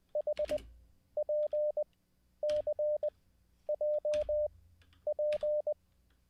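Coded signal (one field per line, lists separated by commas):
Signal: Morse code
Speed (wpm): 20 wpm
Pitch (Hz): 600 Hz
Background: none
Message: HPCJP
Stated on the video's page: Live Morse code practice after a week-long break.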